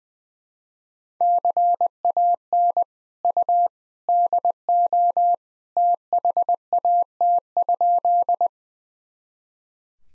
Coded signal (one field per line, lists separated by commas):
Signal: Morse code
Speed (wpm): 20 wpm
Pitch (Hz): 700 Hz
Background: none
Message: CAN U DO THAT?